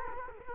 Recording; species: mosquito wingbeat signal from an infrared sensor; Culex quinquefasciatus